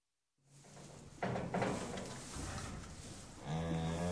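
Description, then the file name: Cow sounds: rough, noisy breathy sounds, ending in a deep moo with clear harmonics. "Sound Ideas 2000 Series. Cow Moo"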